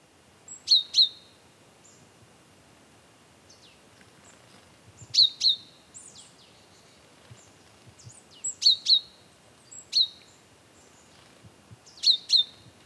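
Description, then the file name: Great tit gives crisp high double notes with a falling slur, in irregularly spaced clusters, with fainter chirps in between. "Parus major"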